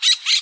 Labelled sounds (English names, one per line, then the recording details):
Brown-throated Parakeet contact call
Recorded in Bonaire
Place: just S of turnoff to Cai, near Lac Bay
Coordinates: 12.126, -68.239